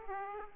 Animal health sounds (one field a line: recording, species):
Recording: mosquito wingbeat signal from an infrared sensor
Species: Aedes aegypti